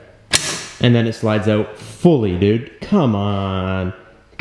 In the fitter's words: oh that's gonna be tough it should lock halfway yep right there and then it